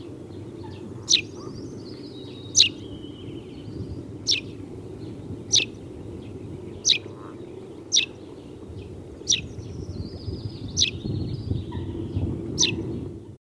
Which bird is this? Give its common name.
Eurasian Tree Sparrow